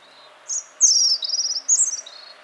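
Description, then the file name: European robin song, a short high note followed by a rapid sparkling trill and a final thin twittering flourish. "Erithacus rubecula"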